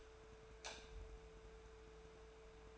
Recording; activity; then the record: daily activity, microphone in the room; light off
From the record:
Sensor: 2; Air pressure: 1014.6 hPa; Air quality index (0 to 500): 185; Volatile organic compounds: 14 ppm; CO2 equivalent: 2448 ppm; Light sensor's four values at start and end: 28/68/29/33 and 28/68/30/33